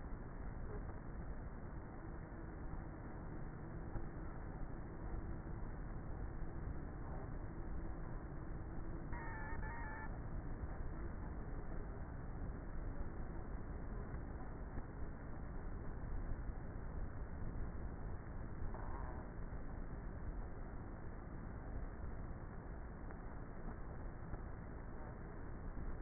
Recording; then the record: honeybee colony, microphone inside the hive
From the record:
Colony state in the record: queenless with a low population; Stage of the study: before two queens were removed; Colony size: about 30,000 bees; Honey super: no